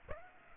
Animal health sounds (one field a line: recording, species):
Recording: mosquito wingbeat signal from an infrared sensor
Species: Aedes aegypti